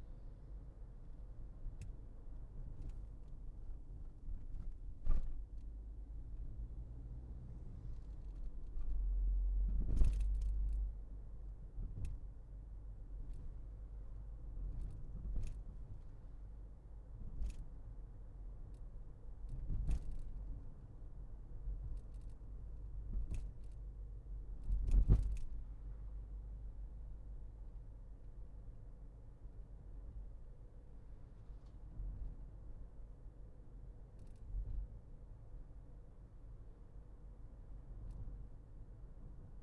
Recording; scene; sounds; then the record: everyday scene through a hearing-aid microphone; in a vehicle; engine, highway driving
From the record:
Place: Berlingo II, diesel engine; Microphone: behind the ear, left, front